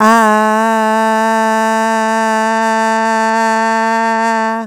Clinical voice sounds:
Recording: sustained vowel /a/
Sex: female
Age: 40 to 49 years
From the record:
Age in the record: 42 years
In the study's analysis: included

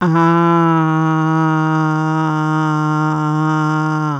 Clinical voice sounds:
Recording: sustained vowel /a/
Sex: female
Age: 50 to 59 years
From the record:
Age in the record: 54 years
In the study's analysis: included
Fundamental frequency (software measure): 157 Hz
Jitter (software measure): 0.30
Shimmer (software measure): 0.90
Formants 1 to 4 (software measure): 966 Hz, 1362 Hz, 2881 Hz, 3592 Hz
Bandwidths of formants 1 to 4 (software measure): 228 Hz, 155 Hz, 199 Hz, 345 Hz

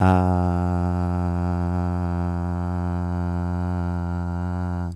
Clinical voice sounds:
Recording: sustained vowel /a/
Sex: male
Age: 20 to 29 years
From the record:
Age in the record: 27 years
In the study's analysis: included

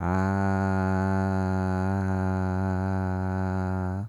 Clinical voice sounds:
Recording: sustained vowel /a/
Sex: male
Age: 30 to 39 years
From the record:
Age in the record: 30 years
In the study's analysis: included

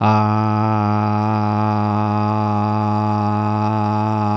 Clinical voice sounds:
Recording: sustained vowel /a/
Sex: male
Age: 50 to 59 years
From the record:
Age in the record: 57 years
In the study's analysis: included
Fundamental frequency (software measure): 105 Hz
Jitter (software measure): 0.38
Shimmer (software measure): 1.58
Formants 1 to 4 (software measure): 827 Hz, 1248 Hz, 2519 Hz, 3816 Hz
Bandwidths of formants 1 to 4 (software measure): 89 Hz, 164 Hz, 220 Hz, 345 Hz

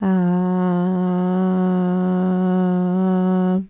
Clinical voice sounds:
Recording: sustained vowel /a/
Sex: female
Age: 30 to 39 years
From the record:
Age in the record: 37 years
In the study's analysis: included

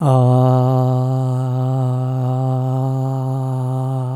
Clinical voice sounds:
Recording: sustained vowel /a/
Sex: male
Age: 60 to 69 years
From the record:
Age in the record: 69 years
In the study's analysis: included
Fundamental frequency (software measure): 130 Hz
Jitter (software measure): 0.40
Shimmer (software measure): 0.79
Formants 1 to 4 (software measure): 726 Hz, 1192 Hz, 2952 Hz, 3783 Hz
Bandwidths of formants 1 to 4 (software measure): 204 Hz, 316 Hz, 385 Hz, 422 Hz

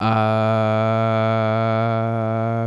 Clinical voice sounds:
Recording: sustained vowel /a/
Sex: male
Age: 18 to 19 years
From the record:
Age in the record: 18 years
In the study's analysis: included

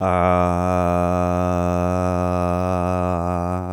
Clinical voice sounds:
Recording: sustained vowel /a/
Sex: male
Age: 40 to 49 years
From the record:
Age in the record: 47 years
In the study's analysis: included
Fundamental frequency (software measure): 90 Hz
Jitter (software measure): 0.31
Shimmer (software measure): 1.26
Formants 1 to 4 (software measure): 664 Hz, 1254 Hz, 2510 Hz, 3555 Hz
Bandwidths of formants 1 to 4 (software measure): 120 Hz, 103 Hz, 108 Hz, 384 Hz

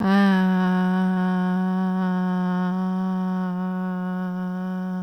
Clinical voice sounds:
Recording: sustained vowel /a/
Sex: female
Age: 30 to 39 years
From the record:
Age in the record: 37 years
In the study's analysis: included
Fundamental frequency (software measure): 184 Hz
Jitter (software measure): 0.42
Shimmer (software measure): 0.67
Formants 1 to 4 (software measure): 892 Hz, 1493 Hz, 3064 Hz, 3683 Hz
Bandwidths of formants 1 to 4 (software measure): 202 Hz, 258 Hz, 181 Hz, 373 Hz

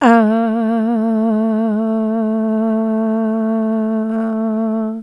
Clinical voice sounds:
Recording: sustained vowel /a/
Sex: female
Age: 60 to 69 years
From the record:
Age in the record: 67 years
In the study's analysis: excluded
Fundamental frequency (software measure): 224 Hz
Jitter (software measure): 0.40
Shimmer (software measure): 0.44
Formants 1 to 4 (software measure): 678 Hz, 1357 Hz, 2871 Hz, 3922 Hz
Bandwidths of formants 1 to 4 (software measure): 106 Hz, 330 Hz, 284 Hz, 462 Hz

